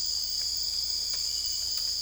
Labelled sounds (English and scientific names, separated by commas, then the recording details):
none
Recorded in dense forest near Puerto Asís, Putumayo, Colombia, on 21 December 2024 at 03:30
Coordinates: 0.485, -76.318
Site GP03